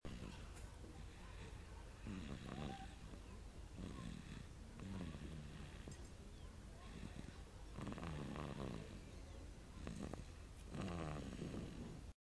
Baby snores.